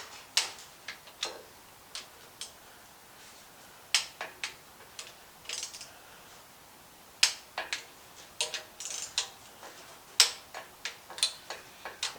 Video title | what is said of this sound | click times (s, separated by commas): Installing The Heads - Wild Willys Build Part 21 | you can hear it clicking and | 0.4 s, 3.9 s, 7.2 s, 10.2 s